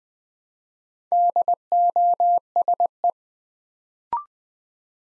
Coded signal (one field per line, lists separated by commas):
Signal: Morse code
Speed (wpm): 20 wpm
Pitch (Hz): 700 Hz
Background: none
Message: DOSE